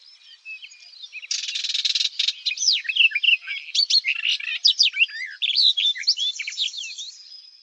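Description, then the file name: Barred warbler song: after a few soft notes, a harsh, buzzy chattering rattle, then a rapid run of varied warbled notes, sweeping whistles and scratchy twitters that continues to the end. "JARZEBATKA"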